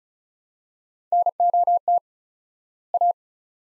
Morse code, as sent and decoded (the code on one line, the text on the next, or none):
-. --- - / .-
NOT A